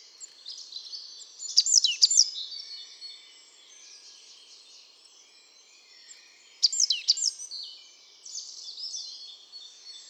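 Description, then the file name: Great tit calls: two short bursts of sharp, sweeping high notes about five seconds apart, with faint twittering between them. "Parus major"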